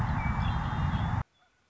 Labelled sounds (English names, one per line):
Red-winged Blackbird